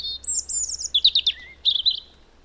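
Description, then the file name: European robin song phrase: a high sliding whistle, a rapid jumble of twittering notes dropping into a lower thin whistle, then a brief warbled ending. "Erithacus rubecula"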